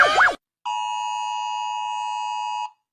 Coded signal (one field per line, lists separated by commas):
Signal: Emergency Alert System (SAME) tones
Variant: 853 and 960 Hz attention tone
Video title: Countryballs stickers- All Eas alarms